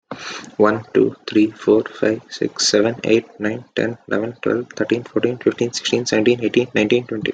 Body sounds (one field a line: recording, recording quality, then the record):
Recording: counting at a fast pace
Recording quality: excellent, no background noise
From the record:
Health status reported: healthy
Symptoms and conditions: breathing difficulty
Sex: male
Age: 18 years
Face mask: not worn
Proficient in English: yes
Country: India